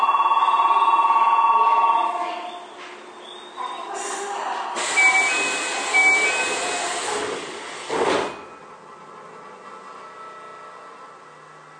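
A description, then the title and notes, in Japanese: A Keio 9000 series train running, opening with a loud, steady hum and whining tone that fades after two seconds. A rushing hiss fills roughly four to eight seconds, with two short beeps and a thump near eight, then a quieter steady drone. 京王9000系 高尾山口〜つつじヶ丘。快速つつじヶ丘行を録音。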